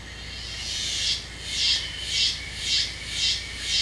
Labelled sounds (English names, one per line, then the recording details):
none
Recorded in secondary vegetation near Puerto Asís, Putumayo, Colombia, on 13 March 2025 at 18:00
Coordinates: 0.498, -76.327
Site G001